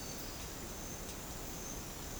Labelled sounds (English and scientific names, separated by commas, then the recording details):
none
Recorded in secondary vegetation near Puerto Asís, Putumayo, Colombia, on 13 March 2025 at 10:00
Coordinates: 0.485, -76.322
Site G040